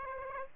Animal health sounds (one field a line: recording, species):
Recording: mosquito wingbeat signal from an infrared sensor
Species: Aedes aegypti